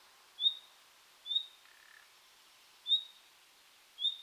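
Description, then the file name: Common nightingale giving thin whistled notes, four short sharp calls, with one soft lower rasping note between them; quiet background. "Luscinia megarhynchos"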